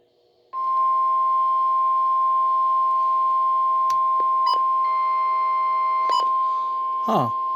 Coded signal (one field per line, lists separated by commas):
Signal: Emergency Alert System (SAME) tones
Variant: 1050 Hz attention tone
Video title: Simple As. (EAS#155-156)